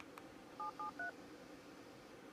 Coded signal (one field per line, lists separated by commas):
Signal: DTMF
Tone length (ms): 120 ms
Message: 773